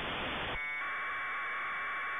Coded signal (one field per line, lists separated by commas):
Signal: packet radio (AX.25, as in APRS)